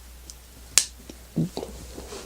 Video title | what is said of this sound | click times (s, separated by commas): Bakugan Haos Howlkor Starter set Unboxing! | the snap and you're good to go now | 0.8 s